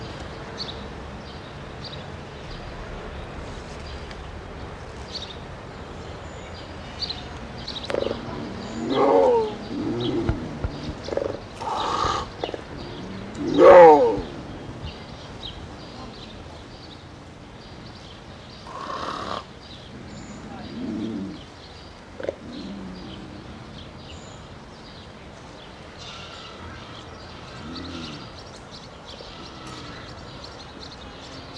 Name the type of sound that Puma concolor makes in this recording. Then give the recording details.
call. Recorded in captivity. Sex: female. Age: adult. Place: Zoo Schwerin, Mecklenburg-Vorpommern, DE. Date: 1982-06-15 16:29. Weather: partly sunny, 17°C. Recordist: Tembrock, Günter